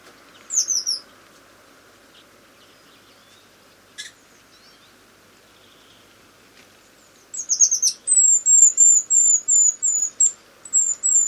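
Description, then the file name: Eurasian blue tit with a brief high call early, a long quiet stretch, then a rapid series of thin, high, slightly falling notes. "Cyanistes caeruleus"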